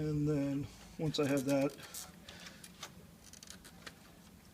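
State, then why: Seated. Someone talks while a transfer belt assembly is pushed onto its rear locating pin in the frame of a Toshiba eStudio4540c series copier, with light knocks and rattles as it is positioned. A sharp click at 3.5 s marks the assembly popping into place, seated back where it belongs.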